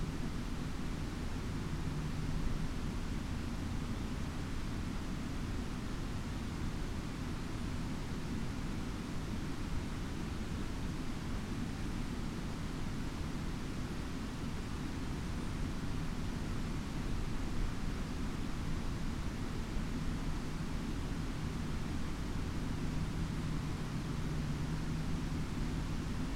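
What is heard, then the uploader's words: Water pours steadily over a mill spillway, a dense, unbroken rush that stays at one level for the whole stretch. The roar sits heavy and low, with a faint hum drifting in and out underneath, perhaps an engine. Bonneyville Mill County Park. White noise from the spillway of a historic grist mill.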